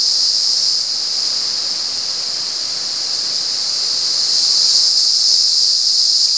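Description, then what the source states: Cicada buzzing song: an unbroken shrill, hissing drone held at a constant high pitch, growing a little louder toward the end. At San Ramon.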